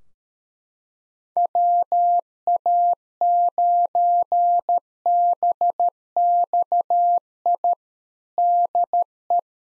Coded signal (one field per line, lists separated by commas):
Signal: Morse code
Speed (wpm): 13 wpm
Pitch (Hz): 700 Hz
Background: none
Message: WA9BXI DE